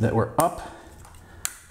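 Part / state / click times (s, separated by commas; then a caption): brake pad retaining clip into a motorcycle brake caliper / seated / 1.5 s. A metal retaining clip is pushed onto the brake pads of a Brembo brake caliper on a Ducati Multistrada V4S until it is up and in, so it won't get hung up on the pucks. Someone talks briefly, then a sharp click at 1.4 s marks the clip seating in place.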